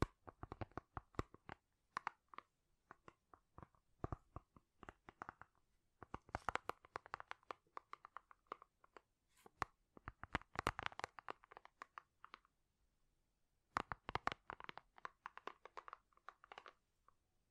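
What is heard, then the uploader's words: Crisp tapping in quick bursts of clicks and knocks, pausing briefly around twelve and thirteen seconds. ASMR Great Tapping Sounds for Sleep (No Talking).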